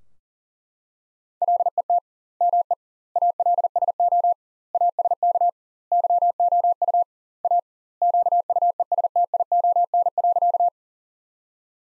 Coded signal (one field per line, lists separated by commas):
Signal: Morse code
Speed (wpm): 40 wpm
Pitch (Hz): 700 Hz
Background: none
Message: LET ME ALSO ASK YOU A QUESTION.